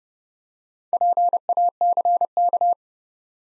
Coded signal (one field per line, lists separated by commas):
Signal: Morse code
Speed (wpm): 31 wpm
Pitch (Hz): 700 Hz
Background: none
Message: PACK